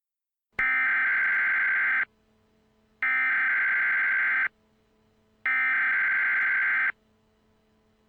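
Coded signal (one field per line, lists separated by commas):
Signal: Emergency Alert System (SAME) tones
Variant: header bursts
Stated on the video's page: Fictional EAS scenario.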